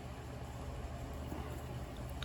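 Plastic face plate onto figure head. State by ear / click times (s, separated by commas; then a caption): not seated / none. A blue plastic front plate is pressed onto the head of a snap-fit Transformers Blokees IDW Optimus Prime Galaxy Version Series 6 model kit figure. Only steady low rumble and faint handling noise are heard, with one brief tick at 2.2 s, but no pop comes and the plate has not seated yet.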